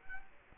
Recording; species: mosquito wingbeat signal from an infrared sensor; Culex quinquefasciatus